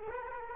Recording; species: mosquito wingbeat signal from an infrared sensor; Culex quinquefasciatus